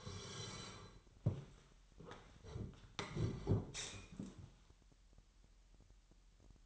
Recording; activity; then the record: daily activity, microphone in the room; sit down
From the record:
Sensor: 3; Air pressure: 998.5 hPa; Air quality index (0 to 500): 128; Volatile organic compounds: 3 ppm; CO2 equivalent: 1534 ppm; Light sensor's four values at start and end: 14/29/13/16 and 8/19/8/9